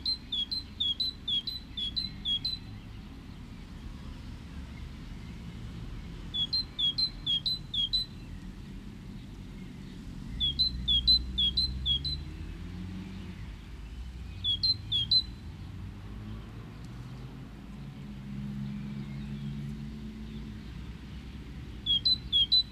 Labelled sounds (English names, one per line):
Great Tit call